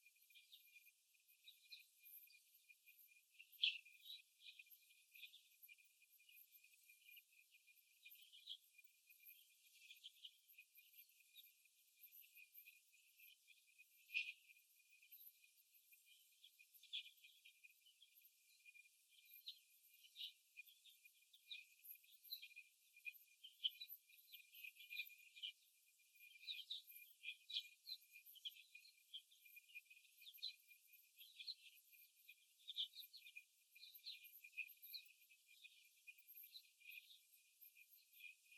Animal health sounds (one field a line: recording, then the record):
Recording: young laying hens in a cage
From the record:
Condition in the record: after the stressor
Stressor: simulated dog barking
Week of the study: 1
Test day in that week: 2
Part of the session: 3